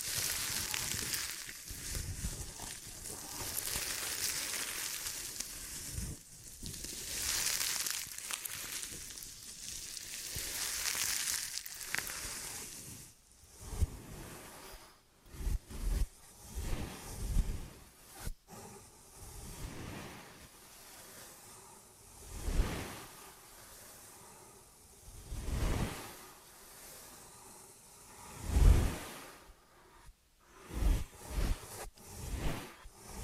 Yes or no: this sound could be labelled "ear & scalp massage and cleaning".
yes